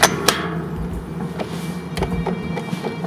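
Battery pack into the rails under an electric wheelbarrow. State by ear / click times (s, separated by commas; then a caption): seated / 0.0 s, 0.3 s. A battery pack is slid into the guide rails under an E-Powerbarrow electric wheelbarrow and pushed down until its yellow latch switch clicks. Two sharp clicks sound at 0.0 s and 0.3 s, followed by fainter knocks around 2.0 s. The battery is locked in place.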